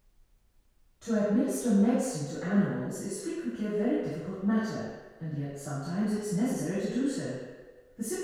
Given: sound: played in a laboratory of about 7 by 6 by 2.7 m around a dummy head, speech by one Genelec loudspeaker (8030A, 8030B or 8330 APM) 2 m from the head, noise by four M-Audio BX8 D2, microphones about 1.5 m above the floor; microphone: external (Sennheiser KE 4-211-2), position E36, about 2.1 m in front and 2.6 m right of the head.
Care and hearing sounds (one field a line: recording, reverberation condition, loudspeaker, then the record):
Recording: female speech in English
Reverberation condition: high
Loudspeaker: 90 degrees to the right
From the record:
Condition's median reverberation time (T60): about 1300 ms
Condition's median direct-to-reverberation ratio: about -4.0 dB